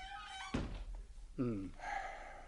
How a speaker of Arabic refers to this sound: واقفل الباب علينا. أمر مولاي.